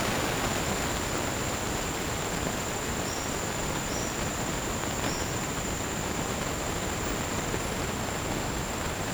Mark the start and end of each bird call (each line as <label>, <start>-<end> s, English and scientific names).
Olive-faced Flatbill (Tolmomyias viridiceps), 3.01-5.31 s